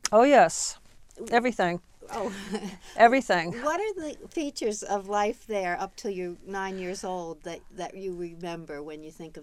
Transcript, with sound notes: Oh, yes. Everything. Everything.
(she laughs) What are the features of life there up till you're nine years old that you remember when you think about it.